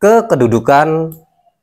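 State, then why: Not seated. A piston pin retaining circlip is being handled and pressed toward its groove in a scooter piston from a Vario 125, which must be pushed until it clicks into its seat. Only someone talking is heard, and nothing has seated or clicked yet.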